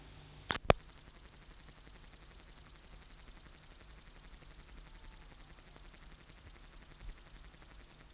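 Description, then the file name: Upland green bush-cricket starting its high, rasping pulsed song after two sharp clicks, then singing steadily without pause. "Tettigonia cantans"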